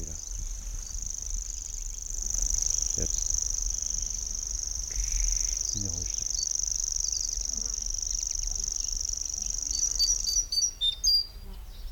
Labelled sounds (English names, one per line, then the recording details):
Common Grasshopper Warbler song
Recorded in the wild
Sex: male
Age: adult
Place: Kremmen, Brandenburg, DE
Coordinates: 52.76, 13.03
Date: 1995-06-03 11:43
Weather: fair, 18°C
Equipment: Marantz CP 430, Sennheiser ME 80, Kopie Uher 4000 Report Monitor
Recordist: Tembrock, Günter